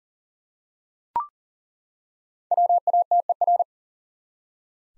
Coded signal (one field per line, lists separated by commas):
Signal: Morse code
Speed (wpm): 40 wpm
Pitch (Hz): 700 Hz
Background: none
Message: WATER